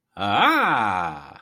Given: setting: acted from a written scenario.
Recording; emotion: vocal sound without words; triumph